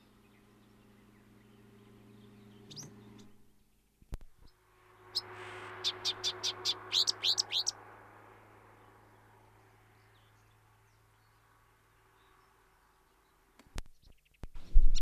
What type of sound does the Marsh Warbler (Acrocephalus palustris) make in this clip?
song